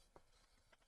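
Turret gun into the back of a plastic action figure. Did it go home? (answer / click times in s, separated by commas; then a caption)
yes / 0.2 s. A turret gun is pressed into its mount on the back of a plastic Transformers action figure and snaps in with a sharp click at 0.2 s. A fainter second tick follows near 0.7 s against a low background hiss. The gun is seated.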